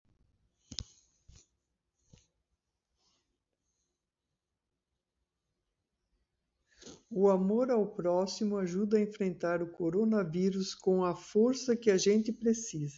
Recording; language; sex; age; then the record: spoken sentence; Brazilian Portuguese; female; 60 to 69 years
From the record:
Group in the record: control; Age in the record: 63 years